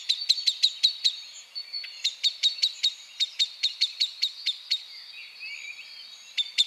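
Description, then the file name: Common blackbird calling with long runs of sharp, even clicks broken by short pauses, while soft high twittering continues behind. "Turdus merula"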